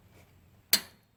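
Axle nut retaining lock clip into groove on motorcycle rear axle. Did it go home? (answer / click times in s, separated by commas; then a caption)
yes / 0.7 s. A metal retaining lock clip for the torqued-down rear axle nut on a 2011 Electra Glide motorcycle is pushed back onto the end of the rear axle, so the nut cannot come off any further. After a quiet low hum, one sharp, bright metallic snap rings at 0.7 s and decays over about a quarter second. The lock clip seats into the groove on the end of the axle.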